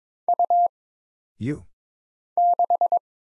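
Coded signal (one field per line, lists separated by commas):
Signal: Morse code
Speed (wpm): 22 wpm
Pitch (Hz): 700 Hz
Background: none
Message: U 6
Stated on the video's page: Morse practice at 22 wpm of single letters, numbers, punctuation and prosigns with short timing for instant character recognition.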